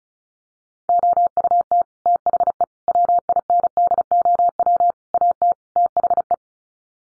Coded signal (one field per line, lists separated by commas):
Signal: Morse code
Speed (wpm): 34 wpm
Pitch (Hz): 700 Hz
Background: none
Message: OUT THE WINDOW AT THE